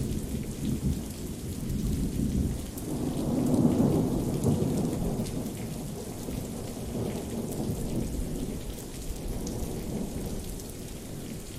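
Rain falls steadily and densely, a continuous hiss spread across highs and lows with a fine crackle of drops on a surface. A deep rumble swells from about three to five seconds, likely thunder, then settles back beneath the constant downpour.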